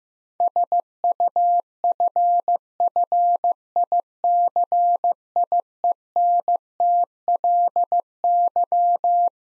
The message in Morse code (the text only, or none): SUFFICIENTLY